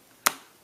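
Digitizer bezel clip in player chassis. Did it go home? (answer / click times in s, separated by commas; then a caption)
released / 0.3 s. A knife pries at a lock on the edge of the digitizer glass frame of an iPod Touch 2nd generation until the plastic bezel clip in the player chassis clicks open. A sharp, bright click at 0.3 s confirms the release, and a second short, similar snap follows at about 0.7 s. The unit has been opened before, which makes the clip easier to release.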